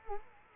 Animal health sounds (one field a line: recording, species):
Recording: mosquito wingbeat signal from an infrared sensor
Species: Culex quinquefasciatus